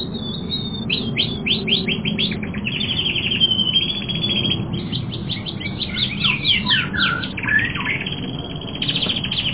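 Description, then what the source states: Canary song flowing without pause, rapid chirps and clipped trills in quick succession, some downward-sweeping notes, over a constant low rumble. More than one canary.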